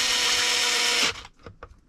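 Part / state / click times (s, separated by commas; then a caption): screw in RC car chassis part / stripped / none. A power driver runs a screw into an RC car chassis part with a loud, steady whirring whine that cuts off abruptly just after 1.1 seconds, followed by a few faint, short taps. The screw has stripped out while driving, and nothing has seated or clicked.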